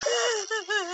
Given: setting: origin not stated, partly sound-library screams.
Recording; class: one-second piece from a danger detection set; woman in danger